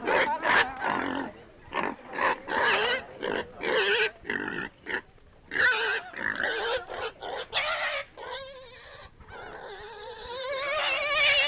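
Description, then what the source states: Pig giving a rapid run of short squeals and grunts in bursts, then long wavering squeals building over the final seconds. Barnyard scene.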